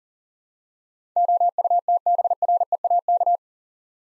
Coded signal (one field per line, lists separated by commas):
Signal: Morse code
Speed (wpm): 40 wpm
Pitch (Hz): 700 Hz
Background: none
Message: OUTBREAK